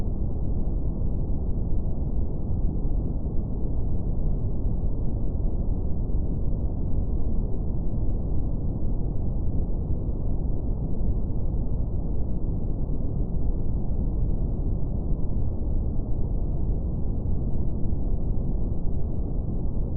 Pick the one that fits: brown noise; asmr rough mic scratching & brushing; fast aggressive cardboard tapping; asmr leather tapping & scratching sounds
brown noise